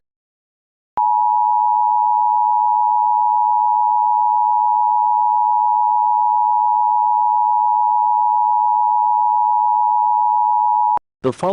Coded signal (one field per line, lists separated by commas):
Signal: Emergency Alert System (SAME) tones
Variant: 853 and 960 Hz attention tone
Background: speech